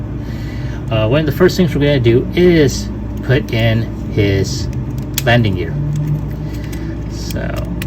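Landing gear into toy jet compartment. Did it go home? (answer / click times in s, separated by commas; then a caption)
no / none. Someone talks while handling the hard-plastic landing gear of a Transformers Masterpiece MP-52 Starscream toy jet, getting ready to push it into its compartment on the figure, with light plastic rattles over a steady low hum. Nothing has seated or clicked yet; the clip ends just before the landing gear goes home.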